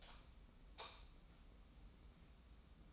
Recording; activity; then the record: daily activity, microphone in the room; light off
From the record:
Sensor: 1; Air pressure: 994.4 hPa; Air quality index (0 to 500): 227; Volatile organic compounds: 1000 ppm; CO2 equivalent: 8161 ppm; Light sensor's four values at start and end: 154/357/159/174 and 150/342/153/169